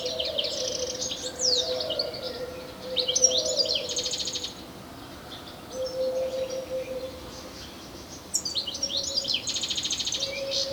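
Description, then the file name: European Goldfinch giving bright, rapid twitters and buzzy slurred notes in several bursts separated by quieter pauses, over a faint intermittent low hum. "Carduelis carduelis"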